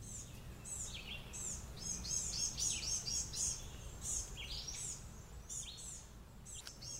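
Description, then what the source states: Blue-gray Gnatcatcher calls: thin, high, slurred notes from several birds in a rapid series, over low background noise. Five birds, a family group with young just out of the nest, moving among small trees and big rocks on Kessler Mountain, southeast Fayetteville; excited calls.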